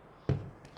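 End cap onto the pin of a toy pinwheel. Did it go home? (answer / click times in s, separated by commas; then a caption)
yes / 0.3 s. An end cap is pushed onto the end of the pin that holds the paper blades of a toy model pinwheel, made as a water-wheel demo. A sharp snap at 0.3 s shows the cap seating securely on the pin, followed by a couple of fainter small ticks near 0.7 s.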